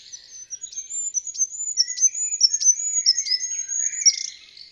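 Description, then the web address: Bird song of thin, high whistled notes with quick downward sweeps, strung together in a fast, uneven run lasting the whole stretch. "Bird Only"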